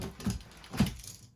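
An LED light bar from an Emerald Hammer EH500 kit is pushed into the next hole of the fixture frame, making two dull, low scraping thumps around 0.3 s and 0.8 s along with faint rubbing. The bar sticks and does not go in, so nothing has seated or clicked yet.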